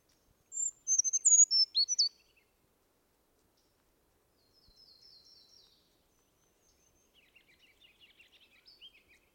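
Brown creeper song, a quick run of very high, thin, wavering notes lasting about one and a half seconds, followed by a soft buzzy series and then faint high twittering.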